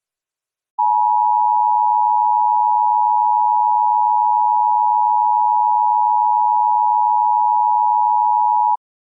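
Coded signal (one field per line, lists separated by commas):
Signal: Emergency Alert System (SAME) tones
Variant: 853 and 960 Hz attention tone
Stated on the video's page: Reenactment mock of a flash flood warning with valid EAS tones.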